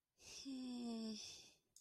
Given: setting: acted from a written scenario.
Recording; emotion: vocal sound without words; neutral